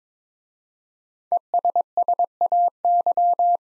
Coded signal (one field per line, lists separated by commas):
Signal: Morse code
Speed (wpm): 22 wpm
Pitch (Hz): 700 Hz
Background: none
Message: ESSAY